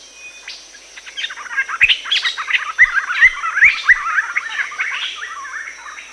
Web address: joyfulgreenbul